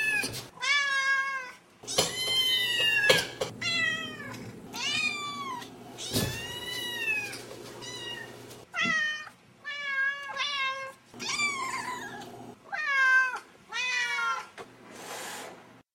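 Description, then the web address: Cats meowing repeatedly, a series of wavering meows of varying pitch, some drawn-out, with short pauses between them. Kittens and adult cats meowing. "Hard Songs Megapack Volume 13. Kittens And Cats Meowing"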